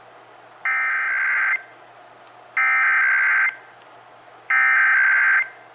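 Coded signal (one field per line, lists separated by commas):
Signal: Emergency Alert System (SAME) tones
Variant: header bursts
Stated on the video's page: Texas required monthly test, heard on several Dallas–Fort Worth radio and TV stations.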